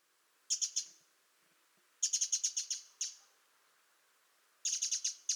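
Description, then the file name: Eurasian wren calling, dry hard ticks in quick bursts of several, with pauses between bursts. "Troglodytes troglodytes"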